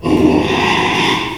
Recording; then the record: squeal of a Yucatan mini pig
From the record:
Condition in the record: after surgery on the right vocal fold (resection and tissue-engineered implant); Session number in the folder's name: 1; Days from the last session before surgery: 6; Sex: male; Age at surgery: 12 weeks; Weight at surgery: 13 kg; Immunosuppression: cyclosporine, prednisolone